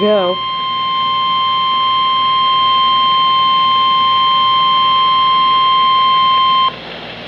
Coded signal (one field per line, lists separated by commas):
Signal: Emergency Alert System (SAME) tones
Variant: 1050 Hz attention tone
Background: speech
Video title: Severe Thunderstorm Watch (EAS #131)